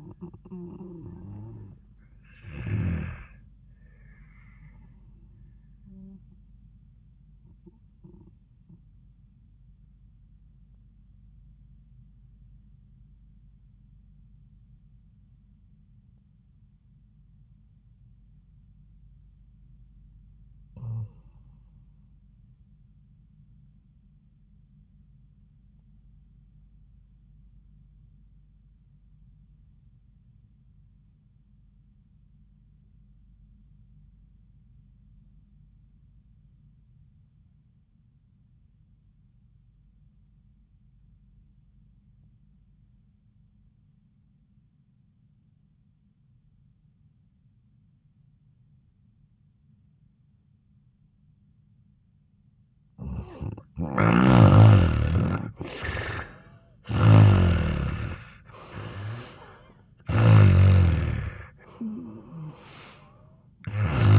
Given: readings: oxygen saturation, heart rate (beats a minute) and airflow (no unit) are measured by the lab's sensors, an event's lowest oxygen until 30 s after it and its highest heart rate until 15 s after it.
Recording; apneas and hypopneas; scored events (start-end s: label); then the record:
breathing in sleep by a smartphone at the bedside; 1
8.00-54.30 s: obstructive apnea (REM, oxygen 97% highest, then 74% lowest, heart rate 81 at the start, 83 highest)
From the record:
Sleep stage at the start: REM sleep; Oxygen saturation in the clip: 73 to 97%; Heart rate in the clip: 62 to 86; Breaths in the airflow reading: 3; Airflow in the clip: -9.5 to 4.6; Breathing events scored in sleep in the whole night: 400 in 8.7 hours asleep